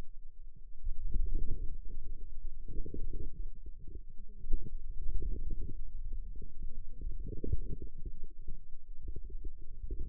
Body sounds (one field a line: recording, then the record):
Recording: forearm muscle sounds (acoustic myography)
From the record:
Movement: wrist flexion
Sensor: system 2, bracelet of six BSWA MPA416 microphones around the upper forearm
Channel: 5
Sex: female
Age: 21 years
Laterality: right